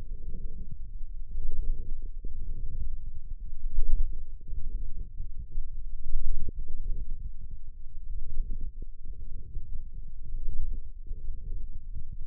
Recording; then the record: forearm muscle sounds (acoustic myography)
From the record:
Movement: wrist flexion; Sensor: system 1, eight BSWA MPA416 microphones around the upper forearm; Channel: 6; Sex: male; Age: 54 years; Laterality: right